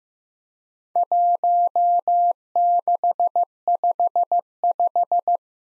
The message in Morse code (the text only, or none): 1655